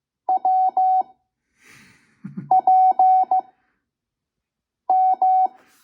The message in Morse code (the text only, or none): WPM